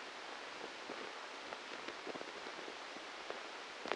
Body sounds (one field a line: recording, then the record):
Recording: brain microelectrode recording played as sound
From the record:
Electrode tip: inside the subthalamic nucleus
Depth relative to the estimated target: 1 mm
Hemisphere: left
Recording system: NeuroSet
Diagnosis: Parkinson's disease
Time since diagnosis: 13 years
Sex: male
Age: 63 years